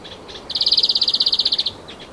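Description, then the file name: European greenfinch: a fast, even trill of about twenty high, clipped notes lasting just over a second, over a soft hiss. "Chloris chloris"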